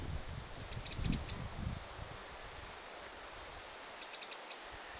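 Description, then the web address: Eurasian wren calls: two short runs of dry, high ticking notes about three seconds apart, with faint thin hissing notes and some low rustling early on. A family brood of one parent with at least five young, recorded 9 August 2026. "paivat 9 8 2026 peukaloinen pesue emo ja ainakin viisi poikasta"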